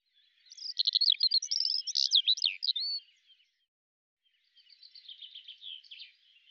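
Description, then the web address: Eurasian skylark song: a quick burst of high, twittering trills and slurred notes, then a softer, buzzier run of rapid chirps after a brief pause. "Deverinetal 2025 File cleaned normalized Bird Al Ar"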